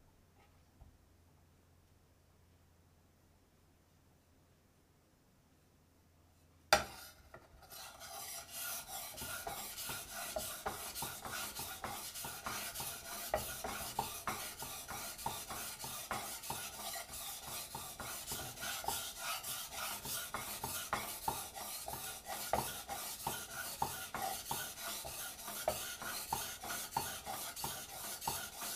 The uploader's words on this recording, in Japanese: 環境音 久しぶりの包丁研ぎ。3本研いで少し疲れました。